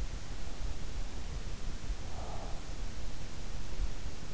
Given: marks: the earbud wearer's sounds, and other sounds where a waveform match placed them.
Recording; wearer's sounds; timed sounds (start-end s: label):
sounds in sleep by an in-ear microphone; breath
1.71-3.69 s: breath